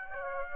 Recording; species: mosquito wingbeat signal from an infrared sensor; Aedes aegypti